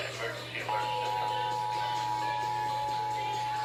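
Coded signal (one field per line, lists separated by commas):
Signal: Emergency Alert System (SAME) tones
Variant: 853 and 960 Hz attention tone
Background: speech, music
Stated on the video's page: Valid SAME tones from a North Carolina Required Monthly Test, relayed via Open CAP.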